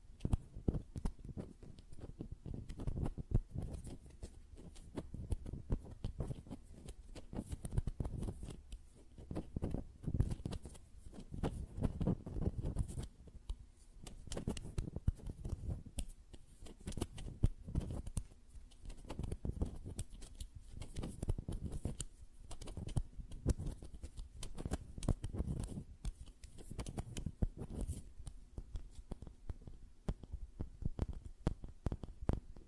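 Fingernails tap and hands flutter in a dense, busy stream of quick clicks and soft patters that runs the full length without pause. The sound stays mostly low and dull, with small bright ticks scattered through and faint swells of rubbing between bursts.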